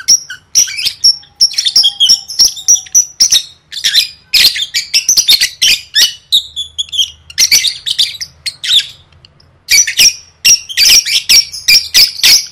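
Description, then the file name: Lovebird squawking and chattering in a long run of harsh bursts and high whistled notes, with only brief pauses. "tieng vet mau don"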